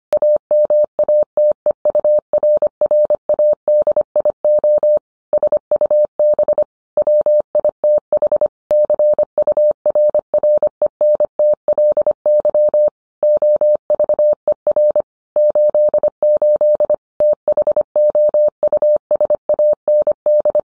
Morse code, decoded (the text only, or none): AMATEURRADIO SUB WITH CURRENTLY OVER 88 THOUSAND